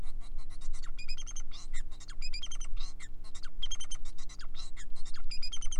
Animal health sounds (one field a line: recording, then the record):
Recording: song of a male Bengalese finch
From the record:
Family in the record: son of father 4